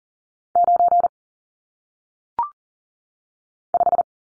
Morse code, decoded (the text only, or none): 9 5